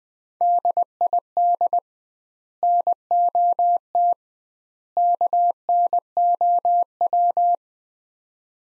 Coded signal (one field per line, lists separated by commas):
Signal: Morse code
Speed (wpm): 20 wpm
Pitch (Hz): 700 Hz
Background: none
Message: DID NOT KNOW